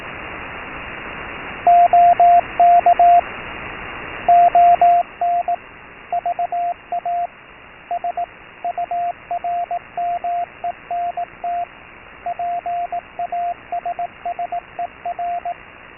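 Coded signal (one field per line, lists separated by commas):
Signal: Morse code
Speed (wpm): 18 wpm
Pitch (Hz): 700 Hz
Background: radio noise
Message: OK ON VA SURMENT PASSER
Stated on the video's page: Morse recalling early wireless telegraphy used to communicate with ships.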